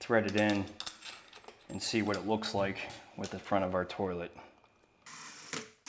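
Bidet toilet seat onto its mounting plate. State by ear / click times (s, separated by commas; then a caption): seated / 5.5 s. Someone talks while a TOTO bidet toilet seat is fitted onto its plastic mounting plate on the toilet, with faint handling taps around 1.3 and 1.5 seconds. A brief sliding rustle follows, then at 5.5 seconds the seat locks onto the mounting plate with a single sharp click.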